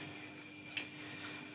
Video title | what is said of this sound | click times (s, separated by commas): Build The Willys Jeep - issue 1 stage 1 | i'm supposed to click there we go | 0.8 s